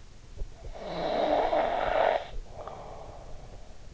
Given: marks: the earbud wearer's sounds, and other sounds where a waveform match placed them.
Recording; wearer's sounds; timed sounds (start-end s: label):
sounds in sleep by an in-ear microphone; snoring breath
0.79-3.78 s: snoring breath